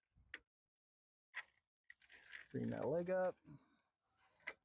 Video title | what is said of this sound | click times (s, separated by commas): Awning Operation | all right so here's the other leg we'll release the latch | 0.3 s